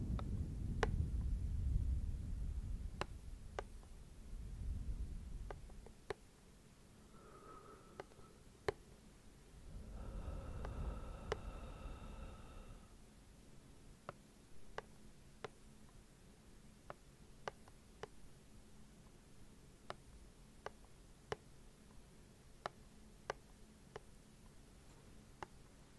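Slow, rhythmic tapping: sharp, dry clicks land about every half second to a second, steady through the whole stretch. Soft low breathing swells under the first five seconds and again around ten to thirteen seconds, along with a faint hum.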